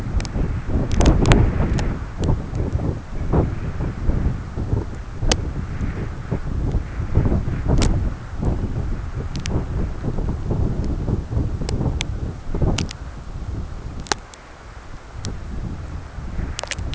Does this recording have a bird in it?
no